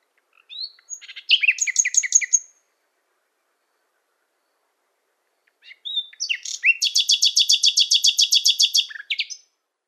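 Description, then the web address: Common nightingale song: two rich phrases separated by a pause, the second a fast, even rattle of repeated notes lasting a few seconds. "Schulze Peter Common Nightingale song"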